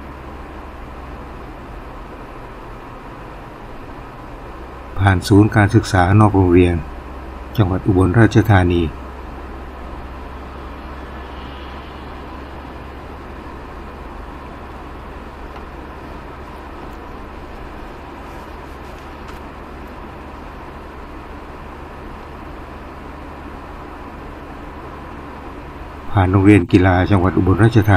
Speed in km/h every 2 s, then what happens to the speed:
47, 46, 45, 46, 46, 46, 47, 48, 49, 49, 50, 50, 50, 51.
0-28 steady at about 47.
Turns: none.